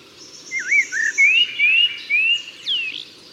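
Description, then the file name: Common blackbird song, a run of rich fluty whistles ending in a higher squeaky note. "Turdus merula"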